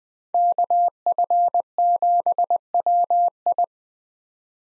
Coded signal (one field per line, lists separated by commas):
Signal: Morse code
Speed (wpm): 20 wpm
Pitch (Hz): 700 Hz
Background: none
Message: KF7WI